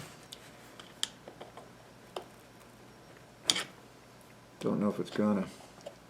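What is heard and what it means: A metal retaining clip, bent as a trick to help it fit, is being worked into its groove in an Exmark/Toro hydraulic steering pump housing. Sharp little metallic ticks and taps sound from the handling, the loudest near 1.0 s and 3.5 s, and someone talks near the end. Nothing has seated or clicked yet.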